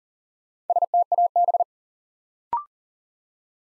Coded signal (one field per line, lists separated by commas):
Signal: Morse code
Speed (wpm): 40 wpm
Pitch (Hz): 700 Hz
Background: none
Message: STAB